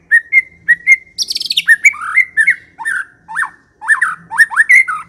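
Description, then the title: White-rumped shama song of clear whistles, a quick high rattle and repeated downward-slurred notes in brisk succession. Lure meant to provoke a fierce, aggressive white-rumped shama. "Pancingan Murai Batu Galak"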